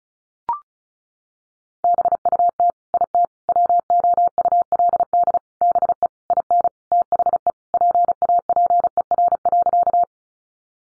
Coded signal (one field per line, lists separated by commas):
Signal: Morse code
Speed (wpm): 34 wpm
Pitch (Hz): 700 Hz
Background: none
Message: BUT IT WOULD BE IN THE PAPER.